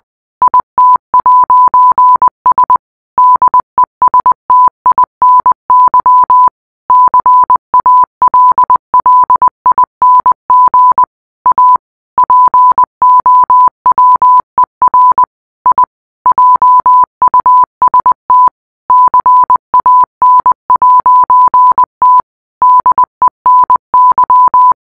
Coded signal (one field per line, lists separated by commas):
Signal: Morse code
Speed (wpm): 20 wpm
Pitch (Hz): 1000 Hz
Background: none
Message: IT'S DESTINY CALLING A POWER I JUST CAN'T DENY